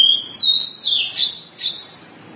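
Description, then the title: Oriental magpie-robin giving a short phrase of thin high whistles and sliding notes, broken into several quick bursts. Long-duration song style. "Kacer Durasi Panjang"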